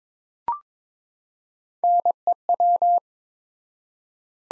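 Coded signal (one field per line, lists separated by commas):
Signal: Morse code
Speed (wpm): 22 wpm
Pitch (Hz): 700 Hz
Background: none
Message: NEW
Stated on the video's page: Morse practice set of two-word phrases at 22 wpm with 4x word spacing, analogous to Farnsworth spacing, for head-copy training.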